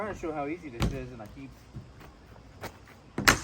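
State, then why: Seated. Someone talks while pushing a plastic panel part into its snap-fit slot on the frame of a Lifetime plastic storage shed being set up to become a chicken coop. A sharp double click follows at 3.2 and 3.3 seconds as the part snaps home and seats in place.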